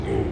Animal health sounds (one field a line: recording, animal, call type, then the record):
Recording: contact call of a hoofed animal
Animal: pig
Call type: closed-mouth grunt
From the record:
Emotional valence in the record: positive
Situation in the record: food and toys in familiar pen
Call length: 0.33 s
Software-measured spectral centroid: 1300 Hz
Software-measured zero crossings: 820 a second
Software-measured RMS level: -24 dBFS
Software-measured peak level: -12 dBFS